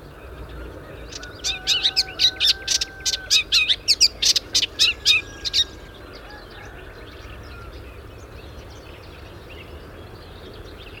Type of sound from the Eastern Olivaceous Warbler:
song